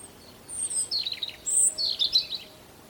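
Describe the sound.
European robin giving a varied high phrase of thin whistles and quick twittering notes.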